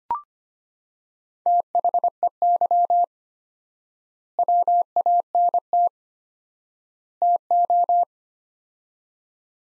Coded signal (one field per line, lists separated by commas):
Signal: Morse code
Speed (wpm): 25 wpm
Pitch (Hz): 700 Hz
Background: none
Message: THEY WANT TO